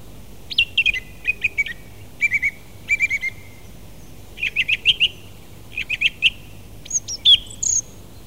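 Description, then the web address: Song thrush song with short whistled motifs repeated two or three times each, stuttering clusters of notes, ending in a high thin squeaky phrase. "fugler maaltrost"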